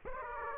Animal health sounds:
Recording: mosquito wingbeat signal from an infrared sensor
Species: Aedes aegypti

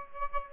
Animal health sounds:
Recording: mosquito wingbeat signal from an infrared sensor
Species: Aedes aegypti

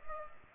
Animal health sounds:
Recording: mosquito wingbeat signal from an infrared sensor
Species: Culex pipiens

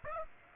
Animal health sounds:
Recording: mosquito wingbeat signal from an infrared sensor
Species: Aedes aegypti

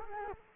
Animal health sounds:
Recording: mosquito wingbeat signal from an infrared sensor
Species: Culex quinquefasciatus

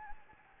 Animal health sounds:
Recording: mosquito wingbeat signal from an infrared sensor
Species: Anopheles gambiae

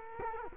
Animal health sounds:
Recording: mosquito wingbeat signal from an infrared sensor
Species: Culex quinquefasciatus

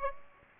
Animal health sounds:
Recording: mosquito wingbeat signal from an infrared sensor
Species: Aedes aegypti

